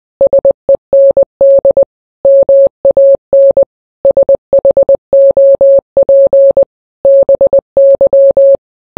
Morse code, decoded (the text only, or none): SEND MAN SHOP BY